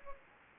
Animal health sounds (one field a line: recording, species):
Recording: mosquito wingbeat signal from an infrared sensor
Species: Anopheles gambiae